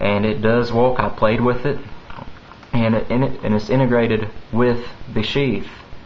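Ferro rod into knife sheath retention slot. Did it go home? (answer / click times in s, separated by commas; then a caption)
no / none. A ferro rod is handled near its plastic retention slot on a knife sheath while someone talks about it. Only speech and light handling noises are heard, and nothing has seated or clicked into the slot yet.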